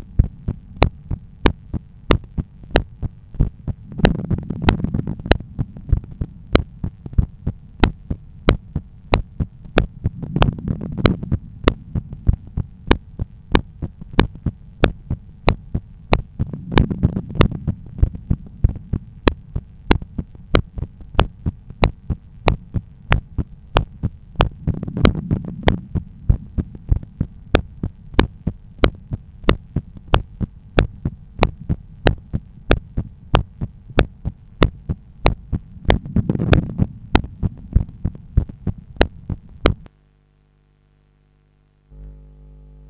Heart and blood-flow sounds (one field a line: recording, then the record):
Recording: heart sounds by stethoscope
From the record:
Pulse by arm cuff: 92 bpm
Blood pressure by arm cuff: 122/80 mmHg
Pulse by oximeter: 93 bpm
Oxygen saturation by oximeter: 96%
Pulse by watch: 93 bpm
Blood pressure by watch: 126/82 mmHg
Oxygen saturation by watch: 97%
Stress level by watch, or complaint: low stress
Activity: 30 min no smoking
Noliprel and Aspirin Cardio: after pills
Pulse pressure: 42 mmHg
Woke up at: 7:30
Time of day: 20:20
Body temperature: 36.3 C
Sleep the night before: 8 h 32 min, score 78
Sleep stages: REM 32%, light 50%, deep 12%, awake 6%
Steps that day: 9500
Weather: clear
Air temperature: 21.5 C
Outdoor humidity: 65%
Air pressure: 1014 hPa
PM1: 11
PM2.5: 14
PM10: 21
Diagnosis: hypertension, treated with Noliprel and Aspirin Cardio 100 mg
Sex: male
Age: 53 years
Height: 174 cm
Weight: 81 kg